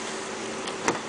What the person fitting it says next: Everything locks in place nicely.